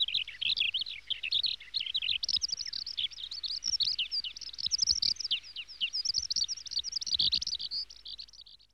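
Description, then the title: Small birds twittering in a lively high chorus that fades away at the end. "NHK Sound Effects Collection - 2-Waves, Rivers, Birds"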